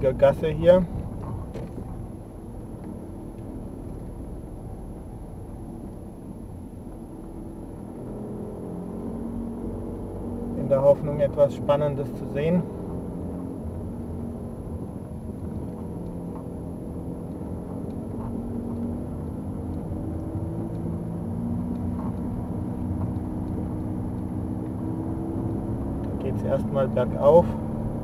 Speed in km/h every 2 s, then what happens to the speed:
14, 13, 7, 6, 13, 15, 17, 19, 15, 21, 23, 23, 26, 28.
0-6 slows to 6. 6-26 speeds up to 28.